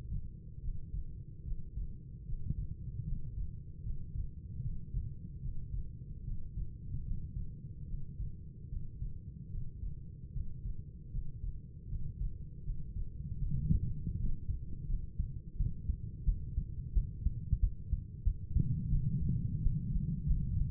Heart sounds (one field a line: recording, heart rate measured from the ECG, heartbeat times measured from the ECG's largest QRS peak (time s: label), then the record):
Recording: heart sounds by stethoscope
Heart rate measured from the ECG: 79 bpm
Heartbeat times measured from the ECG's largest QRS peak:
0.60 s: heartbeat
1.43 s: heartbeat
2.24 s: heartbeat
3.04 s: heartbeat
3.82 s: heartbeat
4.60 s: heartbeat
5.40 s: heartbeat
6.23 s: heartbeat
7.02 s: heartbeat
7.86 s: heartbeat
8.68 s: heartbeat
9.49 s: heartbeat
10.31 s: heartbeat
11.10 s: heartbeat
11.87 s: heartbeat
12.63 s: heartbeat
13.37 s: heartbeat
14.16 s: heartbeat
14.85 s: heartbeat
15.56 s: heartbeat
16.24 s: heartbeat
16.92 s: heartbeat
17.59 s: heartbeat
18.23 s: heartbeat
18.89 s: heartbeat
19.58 s: heartbeat
20.23 s: heartbeat
From the record:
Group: healthy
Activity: Valsalva maneuver 0-13 s, rest 13-21 s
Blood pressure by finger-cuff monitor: 102/58 mmHg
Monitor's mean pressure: 71 mmHg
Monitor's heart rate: 76 bpm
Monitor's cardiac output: 6.2 L/min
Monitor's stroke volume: 82 mL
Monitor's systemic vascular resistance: 840 dyn s/cm5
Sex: female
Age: 26 years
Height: 165 cm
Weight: 55 kg